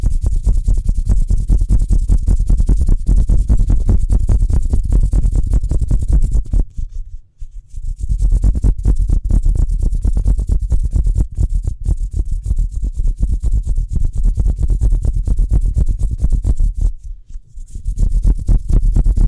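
Fast hand sounds, a dense run of quick rubbing and scratching strokes with a heavy low thump under them and a rough hiss above. The pace stays rapid and busy throughout, breaking into brief near-silences around 7 seconds and again near 17 seconds.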